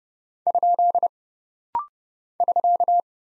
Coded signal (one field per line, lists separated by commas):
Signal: Morse code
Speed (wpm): 30 wpm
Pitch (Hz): 700 Hz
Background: none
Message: ? <SK>